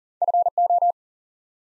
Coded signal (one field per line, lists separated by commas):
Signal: Morse code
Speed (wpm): 38 wpm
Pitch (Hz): 700 Hz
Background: none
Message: FO